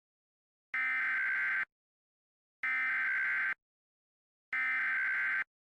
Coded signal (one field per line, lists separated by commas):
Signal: Emergency Alert System (SAME) tones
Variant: header bursts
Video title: EAS Mock - The Roach Invasion (Part 2)